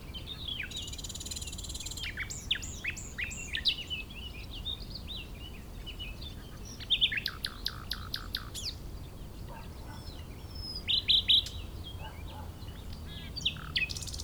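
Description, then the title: Common nightingale singing a long improvised sequence: buzzy bursts, clear whistles and fast trills in separate phrases, over constant low wind noise. Wild bird in Chindrieux, France, during peak nightingale season on a sunny day; hidden in scrub; westerly wind; recorder on ground in grass tussocks, tens of metres away, in a small sheltered valley. "Chindrieux, France - Rossignol"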